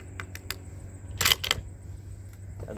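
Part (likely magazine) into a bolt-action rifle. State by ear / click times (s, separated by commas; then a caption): not seated / none. Someone at the range tries to push a part, likely the detachable magazine, home into a bolt-action .308 Savage Axis II rifle. Short metallic taps sound at about 0.5, 1.2, 1.3 and 1.5 s over a low steady hum. These are failed attempts, and nothing has clicked into place yet.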